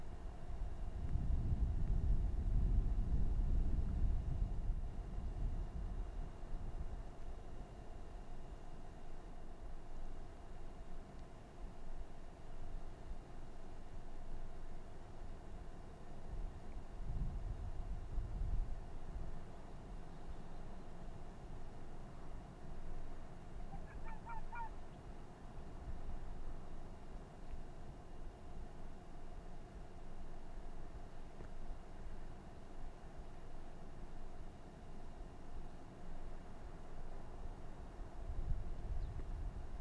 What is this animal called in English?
Arctic Fox